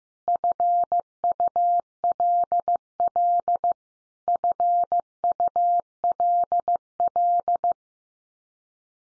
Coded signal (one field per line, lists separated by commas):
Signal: Morse code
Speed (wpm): 15 wpm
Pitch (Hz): 700 Hz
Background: none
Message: FULL FULL